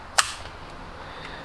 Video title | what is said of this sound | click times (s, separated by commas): Chainsaw Won't Start? Carburetor Replacement On Stihl MS250C | you hear it click it's in there permanently it's nice and tight now you | 0.2 s